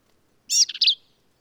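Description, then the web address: Black-capped vireo song, a single brief phrase of slurred, harsh warbling notes. "birdsongforthecurious Black-capped Vireo"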